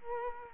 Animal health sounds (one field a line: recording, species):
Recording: mosquito wingbeat signal from an infrared sensor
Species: Culex quinquefasciatus